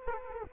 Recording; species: mosquito wingbeat signal from an infrared sensor; Aedes aegypti